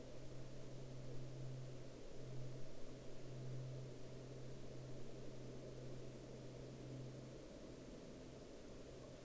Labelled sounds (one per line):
aircraft